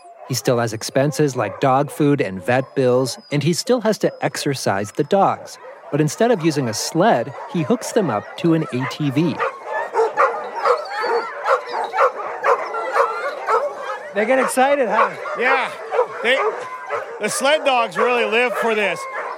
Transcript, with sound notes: He still has expenses, like dog food and vet bills, and he still has to exercise the dogs. But instead of using a sled, he hooks them up to an ATV. (SOUNDBITE OF DOGS BARKING) They get excited, huh?
Yeah. They - the sled dogs really live for this.